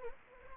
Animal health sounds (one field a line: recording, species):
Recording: mosquito wingbeat signal from an infrared sensor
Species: Anopheles arabiensis